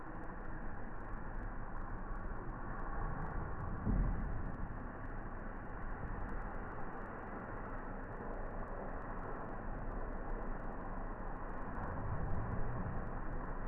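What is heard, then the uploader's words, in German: A steam train on its run from Großbothen toward Tanndorf, heard as a steady, dense rumbling roar that stays low and dull, with nothing bright above it. The noise swells briefly around four seconds and again near twelve, with faint scattered clicks throughout. Dampflokausfahrt Großbothen --> Tanndorf. Bespannung: 50 3648. Fahrtroute: Chemnitz – Mittweida – Döbeln – Leisnig – Grimma und zurück.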